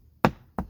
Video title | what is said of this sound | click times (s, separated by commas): Deck Tile Review - Instant Deck/Patio Makeover | and it just snaps in just like that | 0.2 s